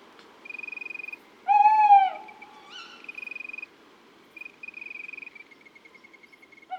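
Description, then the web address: Owl calls: a loud wavering drawn-out note with rich harmonics and a short rising note, with several high, rapidly pulsed trills before, between and after them. "La chouette. mon imagier sonore de la nature"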